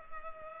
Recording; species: mosquito wingbeat signal from an infrared sensor; Culex pipiens